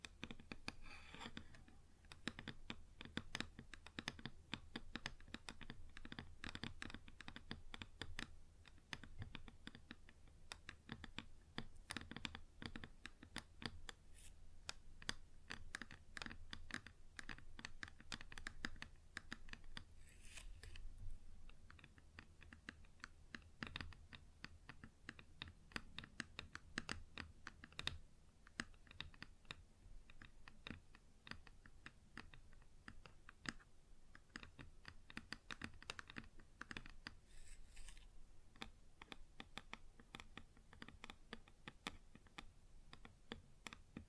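Fingers tap and scratch on a wooden surface in a quick, dense, uneven patter that continues for the whole recording, much like fast typing. The clicks are bright and sharp, some louder than others, over a low steady hum.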